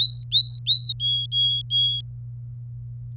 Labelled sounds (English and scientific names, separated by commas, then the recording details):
Domestic Canary (Serinus canaria) song
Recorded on 26 April 2018 at 16:25
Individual llb3